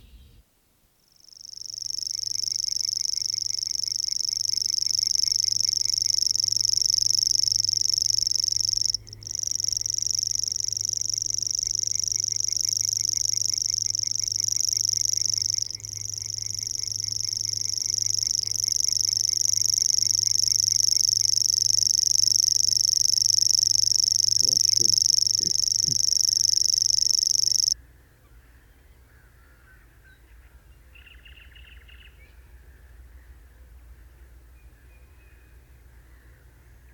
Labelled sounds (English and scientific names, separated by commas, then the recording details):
Savi's Warbler (Locustella luscinioides) song
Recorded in the wild
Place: Wostevitz, Insel Rügen, Mecklenburg-Vorpommern, DE
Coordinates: 54.498, 13.567
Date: 1971-05-31
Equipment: Nagra III BH, Sennheiser MD 21, parabola
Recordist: Schubert, Michael
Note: Gesang Rohrschwirl, s. Bd. 61